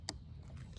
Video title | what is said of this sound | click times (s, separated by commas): Pumpjack Assembly video | just got a little click there | 0.1 s